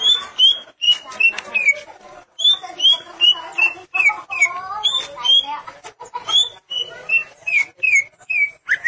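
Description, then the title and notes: Greater green leafbird singing a steady stream of bright whistled slurs, many sliding downward, over a busy layer of scratchy chattering notes. "Suara Kicauan Burung Cucak Ijo"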